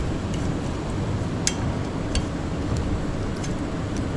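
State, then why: Seated. A wiper blade on a Mazda 3 BL is hooked back onto the metal hook-type wiper arm and slid up until its plastic adapter clicks and locks, seating at 1.4 seconds with a sharp click. A weaker tick follows at 2.2 seconds over steady low background rumble. The blade is seated on the arm, and the next step is a tug to check that it is locking.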